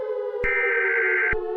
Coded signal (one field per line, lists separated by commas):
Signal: Emergency Alert System (SAME) tones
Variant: header bursts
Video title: EAS Scenario - Strange Alien Object